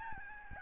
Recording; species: mosquito wingbeat signal from an infrared sensor; Aedes albopictus